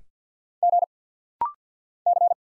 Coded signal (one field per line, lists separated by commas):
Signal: Morse code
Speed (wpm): 48 wpm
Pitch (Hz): 700 Hz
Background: none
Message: G C